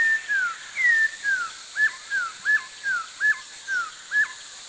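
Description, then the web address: Chestnut-backed laughingthrush calls: clear descending whistles around mid pitch alternating with short hooked notes, about ten in steady succession over a hissing background. Recorded in India. "India other Chestnut-backed LT"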